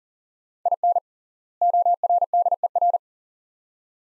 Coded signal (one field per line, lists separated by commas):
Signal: Morse code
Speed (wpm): 40 wpm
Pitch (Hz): 700 Hz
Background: none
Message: IN ORDER